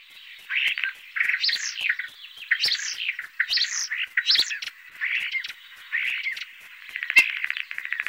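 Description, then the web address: Common starling song: a rambling jumble of chattering, wheezy and squeaky phrases with clicks. "Ptaki Glosy Szpak"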